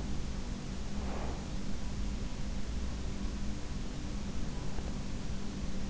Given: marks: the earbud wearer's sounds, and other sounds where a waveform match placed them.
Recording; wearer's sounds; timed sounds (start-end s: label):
sounds in sleep by an in-ear microphone; breath
0.72-1.86 s: breath